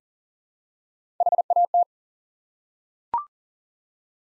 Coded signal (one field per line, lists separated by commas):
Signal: Morse code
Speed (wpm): 41 wpm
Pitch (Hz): 700 Hz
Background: none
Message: HAT